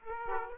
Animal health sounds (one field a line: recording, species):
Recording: mosquito wingbeat signal from an infrared sensor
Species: Aedes aegypti